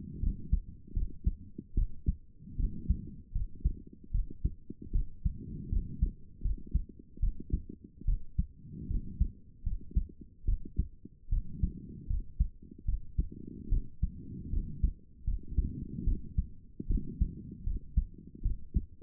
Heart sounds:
heart sounds by stethoscope; 76 bpm
0.20 s: heartbeat
0.93 s: heartbeat
1.74 s: heartbeat
2.56 s: heartbeat
3.32 s: heartbeat
4.11 s: heartbeat
4.92 s: heartbeat
5.69 s: heartbeat
6.42 s: heartbeat
7.20 s: heartbeat
8.05 s: heartbeat
8.87 s: heartbeat
9.63 s: heartbeat
10.45 s: heartbeat
11.29 s: heartbeat
12.07 s: heartbeat
12.85 s: heartbeat
13.69 s: heartbeat
14.50 s: heartbeat
15.24 s: heartbeat
16.04 s: heartbeat
16.87 s: heartbeat
17.63 s: heartbeat
18.42 s: heartbeat
From the record:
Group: healthy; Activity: cold pressor test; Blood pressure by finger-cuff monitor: 131/72 mmHg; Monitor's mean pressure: 92 mmHg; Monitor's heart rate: 76 bpm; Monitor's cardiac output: 7.1 L/min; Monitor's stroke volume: 93 mL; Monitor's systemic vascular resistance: 940 dyn s/cm5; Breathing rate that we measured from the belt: 21 breaths a minute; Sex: female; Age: 22 years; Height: 154 cm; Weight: 58.7 kg

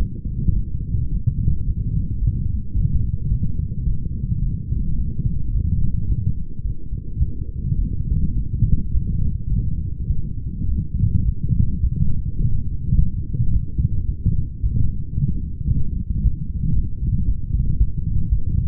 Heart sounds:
heart sounds by stethoscope; 108 bpm
0.55 s: heartbeat
1.11 s: heartbeat
1.66 s: heartbeat
2.20 s: heartbeat
2.75 s: heartbeat
3.30 s: heartbeat
3.85 s: heartbeat
4.42 s: heartbeat
4.97 s: heartbeat
5.53 s: heartbeat
6.08 s: heartbeat
6.63 s: heartbeat
7.19 s: heartbeat
7.77 s: heartbeat
8.35 s: heartbeat
8.92 s: heartbeat
9.50 s: heartbeat
10.08 s: heartbeat
10.67 s: heartbeat
11.24 s: heartbeat
11.82 s: heartbeat
12.38 s: heartbeat
12.96 s: heartbeat
13.52 s: heartbeat
14.07 s: heartbeat
14.62 s: heartbeat
15.16 s: heartbeat
15.70 s: heartbeat
16.22 s: heartbeat
16.75 s: heartbeat
17.27 s: heartbeat
17.79 s: heartbeat
18.30 s: heartbeat
From the record:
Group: healthy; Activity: light exercise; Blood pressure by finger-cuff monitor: 118/72 mmHg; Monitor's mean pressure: 88 mmHg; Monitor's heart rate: 107 bpm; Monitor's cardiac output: 8.5 L/min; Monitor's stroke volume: 78 mL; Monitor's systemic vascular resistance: 760 dyn s/cm5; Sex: female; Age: 37 years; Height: 168 cm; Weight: 70 kg

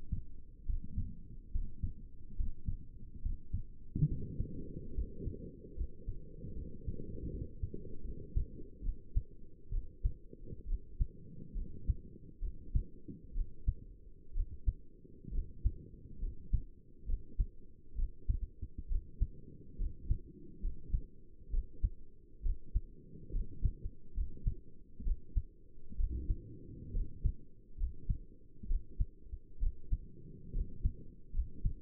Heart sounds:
heart sounds by stethoscope; 68 bpm
0.67 s: heartbeat
1.53 s: heartbeat
2.38 s: heartbeat
3.23 s: heartbeat
4.09 s: heartbeat
4.96 s: heartbeat
5.77 s: heartbeat
6.56 s: heartbeat
7.31 s: heartbeat
8.04 s: heartbeat
8.84 s: heartbeat
9.72 s: heartbeat
10.68 s: heartbeat
11.57 s: heartbeat
12.43 s: heartbeat
13.35 s: heartbeat
14.35 s: heartbeat
15.33 s: heartbeat
16.22 s: heartbeat
17.08 s: heartbeat
17.97 s: heartbeat
18.90 s: heartbeat
19.80 s: heartbeat
20.63 s: heartbeat
21.52 s: heartbeat
22.44 s: heartbeat
23.34 s: heartbeat
24.16 s: heartbeat
25.05 s: heartbeat
25.98 s: heartbeat
26.94 s: heartbeat
27.79 s: heartbeat
28.69 s: heartbeat
29.61 s: heartbeat
30.54 s: heartbeat
31.34 s: heartbeat
From the record:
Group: healthy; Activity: Valsalva maneuver 0-10 s, rest 10-32 s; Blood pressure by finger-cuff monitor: 97/63 mmHg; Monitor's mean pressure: 76 mmHg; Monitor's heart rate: 67 bpm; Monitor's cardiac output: 6.4 L/min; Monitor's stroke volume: 95 mL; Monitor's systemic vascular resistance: 870 dyn s/cm5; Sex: male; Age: 22 years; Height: 181 cm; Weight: 79 kg

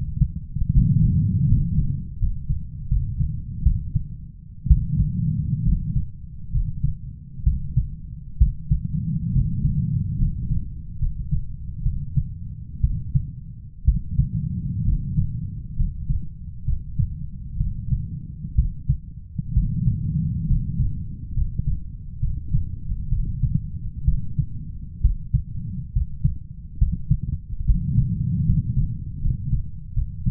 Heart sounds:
heart sounds by stethoscope; 68 bpm
0.73 s: heartbeat
1.48 s: heartbeat
2.18 s: heartbeat
2.88 s: heartbeat
3.63 s: heartbeat
4.67 s: heartbeat
5.64 s: heartbeat
6.51 s: heartbeat
7.43 s: heartbeat
8.38 s: heartbeat
9.32 s: heartbeat
10.17 s: heartbeat
10.98 s: heartbeat
11.82 s: heartbeat
12.81 s: heartbeat
13.84 s: heartbeat
14.84 s: heartbeat
15.76 s: heartbeat
16.64 s: heartbeat
17.57 s: heartbeat
18.55 s: heartbeat
19.53 s: heartbeat
20.47 s: heartbeat
21.33 s: heartbeat
22.19 s: heartbeat
23.09 s: heartbeat
24.04 s: heartbeat
25.01 s: heartbeat
25.92 s: heartbeat
26.78 s: heartbeat
27.65 s: heartbeat
28.45 s: heartbeat
29.20 s: heartbeat
29.93 s: heartbeat
From the record:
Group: healthy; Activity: rest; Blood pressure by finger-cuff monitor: 128/74 mmHg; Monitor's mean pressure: 90 mmHg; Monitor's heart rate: 65 bpm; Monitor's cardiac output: 7.4 L/min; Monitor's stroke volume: 114 mL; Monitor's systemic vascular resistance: 890 dyn s/cm5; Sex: male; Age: 23 years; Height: 178 cm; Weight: 96.6 kg

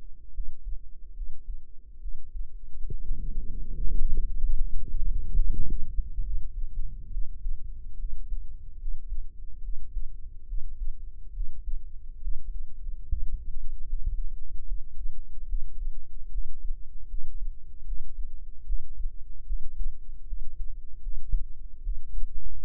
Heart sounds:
heart sounds by microphone in the right ear; 73 bpm
0.31 s: heartbeat
1.12 s: heartbeat
1.98 s: heartbeat
2.86 s: heartbeat
3.74 s: heartbeat
4.55 s: heartbeat
5.35 s: heartbeat
6.21 s: heartbeat
7.08 s: heartbeat
7.96 s: heartbeat
8.77 s: heartbeat
9.60 s: heartbeat
10.45 s: heartbeat
11.31 s: heartbeat
12.19 s: heartbeat
13.06 s: heartbeat
13.84 s: heartbeat
14.63 s: heartbeat
15.45 s: heartbeat
16.28 s: heartbeat
17.07 s: heartbeat
17.83 s: heartbeat
18.63 s: heartbeat
19.44 s: heartbeat
20.24 s: heartbeat
21.00 s: heartbeat
21.81 s: heartbeat
22.62 s: heartbeat
From the record:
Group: healthy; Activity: rest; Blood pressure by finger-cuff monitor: 93/64 mmHg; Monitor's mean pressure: 73 mmHg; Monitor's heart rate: 72 bpm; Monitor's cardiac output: 5.4 L/min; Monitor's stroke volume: 75 mL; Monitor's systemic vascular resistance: 970 dyn s/cm5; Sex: female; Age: 22 years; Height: 160 cm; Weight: 45 kg

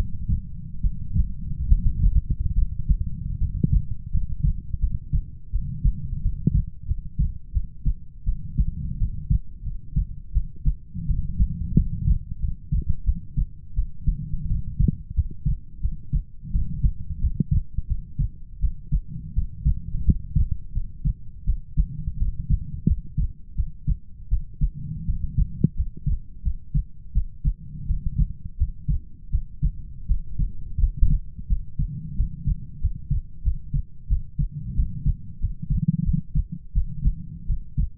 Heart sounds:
heart sounds by stethoscope; 85 bpm
0.80 s: heartbeat
1.67 s: heartbeat
2.54 s: heartbeat
3.38 s: heartbeat
4.10 s: heartbeat
4.79 s: heartbeat
5.50 s: heartbeat
6.21 s: heartbeat
6.86 s: heartbeat
7.52 s: heartbeat
8.24 s: heartbeat
8.97 s: heartbeat
9.63 s: heartbeat
10.32 s: heartbeat
11.06 s: heartbeat
11.74 s: heartbeat
12.39 s: heartbeat
13.04 s: heartbeat
13.74 s: heartbeat
14.47 s: heartbeat
15.14 s: heartbeat
15.80 s: heartbeat
16.51 s: heartbeat
17.19 s: heartbeat
17.87 s: heartbeat
18.59 s: heartbeat
19.33 s: heartbeat
20.04 s: heartbeat
20.72 s: heartbeat
21.44 s: heartbeat
22.17 s: heartbeat
22.86 s: heartbeat
23.55 s: heartbeat
24.28 s: heartbeat
25.05 s: heartbeat
25.75 s: heartbeat
26.42 s: heartbeat
27.12 s: heartbeat
27.86 s: heartbeat
28.56 s: heartbeat
29.30 s: heartbeat
30.06 s: heartbeat
30.78 s: heartbeat
31.47 s: heartbeat
32.15 s: heartbeat
32.79 s: heartbeat
33.42 s: heartbeat
34.07 s: heartbeat
34.74 s: heartbeat
35.39 s: heartbeat
36.04 s: heartbeat
36.73 s: heartbeat
37.45 s: heartbeat
From the record:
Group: healthy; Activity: breath hold 0-4 s, rest 4-38 s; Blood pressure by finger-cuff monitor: 94/59 mmHg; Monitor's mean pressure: 72 mmHg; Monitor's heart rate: 86 bpm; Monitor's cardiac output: 7.3 L/min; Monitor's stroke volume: 86 mL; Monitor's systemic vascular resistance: 710 dyn s/cm5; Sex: female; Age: 19 years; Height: 163 cm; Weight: 48.9 kg

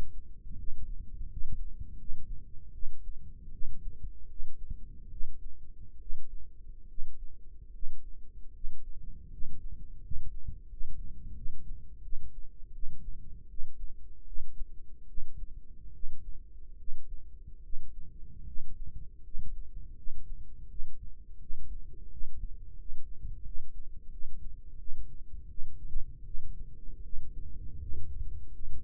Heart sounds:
heart sounds by microphone in the right ear; 79 bpm
0.55 s: heartbeat
1.27 s: heartbeat
1.96 s: heartbeat
2.71 s: heartbeat
3.49 s: heartbeat
4.26 s: heartbeat
5.08 s: heartbeat
5.98 s: heartbeat
6.86 s: heartbeat
7.71 s: heartbeat
8.52 s: heartbeat
9.29 s: heartbeat
9.99 s: heartbeat
10.67 s: heartbeat
11.33 s: heartbeat
12.00 s: heartbeat
12.71 s: heartbeat
13.46 s: heartbeat
14.23 s: heartbeat
15.05 s: heartbeat
15.91 s: heartbeat
16.76 s: heartbeat
17.61 s: heartbeat
18.44 s: heartbeat
19.21 s: heartbeat
19.94 s: heartbeat
20.67 s: heartbeat
21.38 s: heartbeat
22.08 s: heartbeat
22.75 s: heartbeat
23.42 s: heartbeat
24.08 s: heartbeat
24.76 s: heartbeat
25.47 s: heartbeat
26.23 s: heartbeat
27.01 s: heartbeat
27.78 s: heartbeat
28.50 s: heartbeat
From the record:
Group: healthy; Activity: cold pressor test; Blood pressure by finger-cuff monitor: 76/52 mmHg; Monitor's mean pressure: 62 mmHg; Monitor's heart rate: 81 bpm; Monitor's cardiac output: 6.5 L/min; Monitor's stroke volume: 80 mL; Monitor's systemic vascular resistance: 650 dyn s/cm5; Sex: female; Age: 22 years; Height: 163 cm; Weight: 67.1 kg

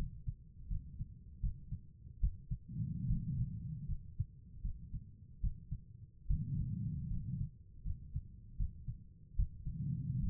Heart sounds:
heart sounds by stethoscope; 76 bpm
0.69 s: heartbeat
1.41 s: heartbeat
2.21 s: heartbeat
3.08 s: heartbeat
3.87 s: heartbeat
4.62 s: heartbeat
5.41 s: heartbeat
6.28 s: heartbeat
7.09 s: heartbeat
7.84 s: heartbeat
8.58 s: heartbeat
9.36 s: heartbeat
10.21 s: heartbeat
From the record:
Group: healthy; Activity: rest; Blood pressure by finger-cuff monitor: 108/66 mmHg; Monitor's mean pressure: 77 mmHg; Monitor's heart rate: 76 bpm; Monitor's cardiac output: 5.9 L/min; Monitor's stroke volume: 78 mL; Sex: female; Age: 36 years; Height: 163 cm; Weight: 88 kg

